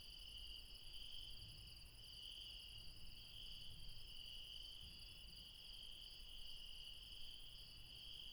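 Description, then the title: Insects chorusing with continuous high trills, layered and unbroken, over a steady low background rumble. Insects late at night in the mountains at Refuge Krevatia, Barbala, Dion, Greece. "Refuge Krevatia, Μπαρμπαλά, Dion 601 00, Greece - Late night mountain insects"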